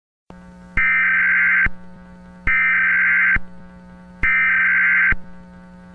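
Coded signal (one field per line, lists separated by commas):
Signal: Emergency Alert System (SAME) tones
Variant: header bursts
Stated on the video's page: Mock EAS alert scenario, not a real alert, though using real EAS tones.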